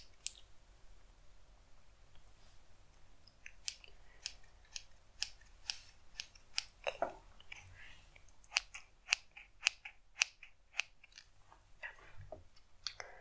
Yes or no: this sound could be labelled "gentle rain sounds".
no